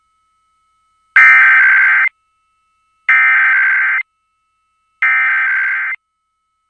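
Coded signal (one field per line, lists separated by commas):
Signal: Emergency Alert System (SAME) tones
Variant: header bursts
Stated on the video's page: Required weekly tests on KLOVE and KKLQ.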